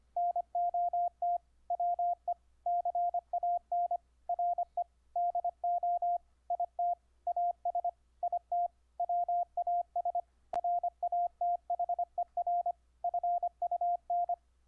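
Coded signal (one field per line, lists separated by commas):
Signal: Morse code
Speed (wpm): 25 wpm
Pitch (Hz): 700 Hz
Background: radio noise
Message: NOT WE CAN RE DO IT AS IT WAS RATHER FUN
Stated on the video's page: Morse audio tones sent over the internet through a software keyer on Ubuntu, keyed with iambic paddle, straight key, or bug emulation via clip leads.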